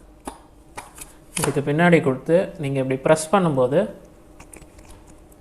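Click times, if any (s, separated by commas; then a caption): 4.5 s. An extension rod is fitted into the back of a handheld cordless vacuum cleaner body and pressed home while someone talks. A sharp click is heard at 4.5 seconds, followed by a few faint handling taps. The rod is seated and the vacuum is ready to use.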